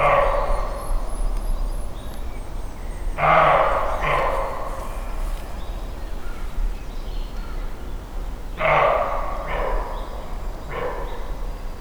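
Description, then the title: Roe deer barking in quick pairs and a single follow-up: hoarse, explosive barks, a second apart within each pair, over low rumbling background with faint bird notes. Single startled roe deer giving fright barks, Weinschnait near Neuffen, Germany; recorded with a Sony PCM-D50 recorder. "Weinschnait, Neuffen, Deutschland - barking roe deer"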